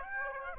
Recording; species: mosquito wingbeat signal from an infrared sensor; Aedes aegypti